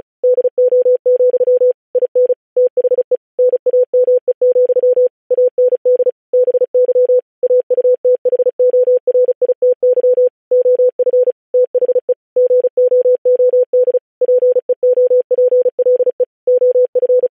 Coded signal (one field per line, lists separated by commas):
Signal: Morse code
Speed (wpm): 36 wpm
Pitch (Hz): 500 Hz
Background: none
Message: DO, IN THE NAME, AND BY AUTHORITY OF THE GOOD PEOPLE OF